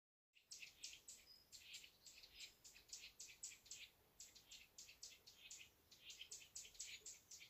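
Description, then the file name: Eurasian nuthatch giving a steady stream of sharp, scratchy high chips, about three each second, starting after a brief silence and continuing without a break. "Sitta europaea"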